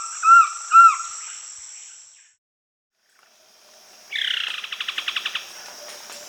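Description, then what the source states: Collared trogon giving two soft notes, then after a pause a harsh, rapid rattling chatter of several pulses. Peru.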